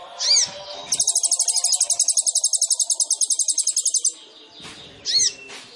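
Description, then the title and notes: Sunbird song with a long, very high, fast rattling trill lasting about three seconds, framed by swooping whistled notes at start and end. Indonesian masteran training recording of a gacor kolibri ninja, full of isian (fill-in phrases) and tembakan (shots), suitable as a lure (pancingan). "MASTERAN KOLIBRI NINJA TERBAIK FULL ISIAN DAN TEMBAKAN MEWAH COCOK BUAT PANCINGAN. Suara Burung Kolibri Ninja Gacor"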